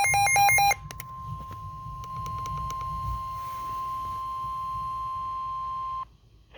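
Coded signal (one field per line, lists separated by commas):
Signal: Emergency Alert System (SAME) tones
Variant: 1050 Hz attention tone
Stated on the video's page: Severe thunderstorm warning on 162.475 MHz, received with a Midland WR-120 weather radio using a telescopic antenna.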